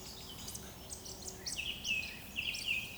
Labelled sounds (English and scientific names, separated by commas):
Eurasian Woodcock (Scolopax rusticola) whistle